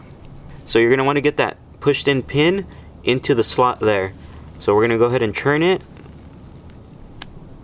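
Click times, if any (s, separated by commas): 7.2 s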